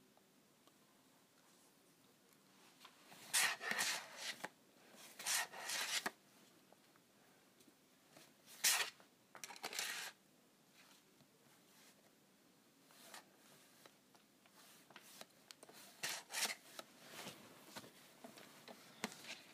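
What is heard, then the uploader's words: Someone scratches at a calculator in short, dry, rasping bursts that come in uneven clusters, loudest around the fourth, ninth and sixteenth seconds. The scrapes are bright and gritty, with quiet stretches between them and a faint steady hiss underneath. ASMR Scratching my Calculator.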